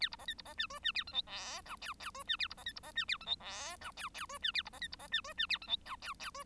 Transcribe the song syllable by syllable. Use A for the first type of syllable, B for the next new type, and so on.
A B C D B C E F E A G H I J K K F E A B C D B C E A G H I J K K F E A B C D B C E F E A G H J K K F